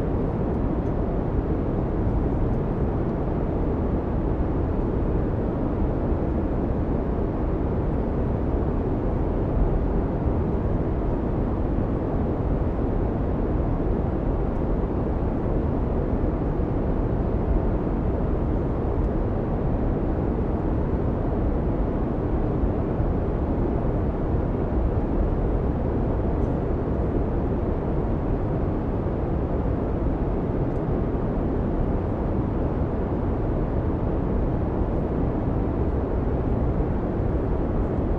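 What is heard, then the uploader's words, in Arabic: An airplane cabin fills with a steady, dense roar that holds unchanged for the whole stretch. The sound is heavy and low, thinning out toward the top, with no distinct events breaking through, just a constant engine and air rumble. أجواء كابين الطائرة. نحن الآن على ارتفاع 40,000 قدم. الهمس الناعم لمحركات الطائرة.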